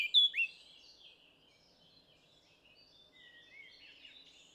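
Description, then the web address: Eurasian blackcap: two loud, sharp high notes in the first half second, followed by faint, scattered high twittering over a quiet background. "SETE data Sylvia atricapilla"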